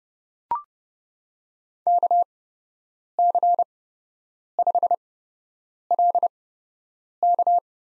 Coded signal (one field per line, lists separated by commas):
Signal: Morse code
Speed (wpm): 29 wpm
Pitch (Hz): 700 Hz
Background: none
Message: KC5LK